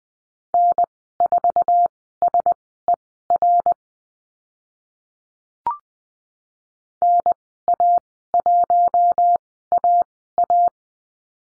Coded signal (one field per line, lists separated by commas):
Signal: Morse code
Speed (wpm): 20 wpm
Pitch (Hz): 700 Hz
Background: none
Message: N4SER NA1AA